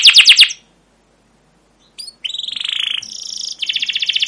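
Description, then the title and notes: Canary song: a short burst of sharp chirps, a brief pause, then buzzy rolled trills and a high rapid rattle to the end. Canary song of "cuit cuit" chirps, used as a lure to stimulate other canaries and as a tutor recording for young canaries learning sounds. "CUIT CUIT NGEROL LANGSUNG GACOR PANJANG Kenari Ini AMPUH Utk Pancingan KENAR. PANCINGAN Kenari GACOR PANJANG Cuit CUIT EMOSI ini AMPUH utk MASTERAN Kenari PAUD belajar BUNYI. burung kenari"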